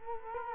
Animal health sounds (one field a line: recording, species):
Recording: mosquito wingbeat signal from an infrared sensor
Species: Culex quinquefasciatus